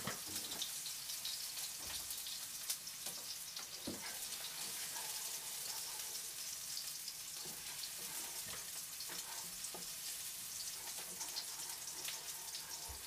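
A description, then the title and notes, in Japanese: Cooking tomato sauce pasta: a steady, bright sizzle of frying runs the whole time, dense with tiny crackles and pops. Scattered louder clicks and a few soft knocks, one around four seconds, suggest stirring or utensils against the pan. 環境音 トマトソースパスタの一部始終。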